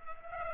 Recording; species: mosquito wingbeat signal from an infrared sensor; Culex pipiens